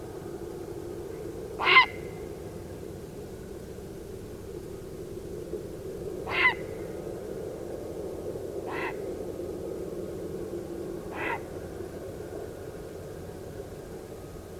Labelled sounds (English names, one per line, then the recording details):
Grey Heron
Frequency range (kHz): Grey Heron 0.6-6.1 kHz
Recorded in France